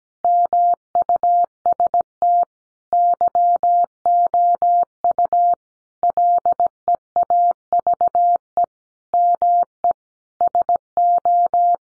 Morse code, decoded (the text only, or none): MUST YOU LEAVE ME SO